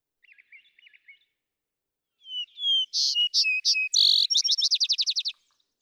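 Vesper sparrow: quiet chattering twitter at first, then a Vesper sparrow sings two whistled notes, sharp higher chips and a fast, ringing trill.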